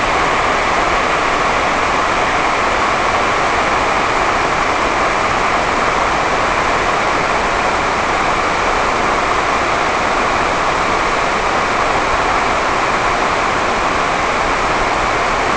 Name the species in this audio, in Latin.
none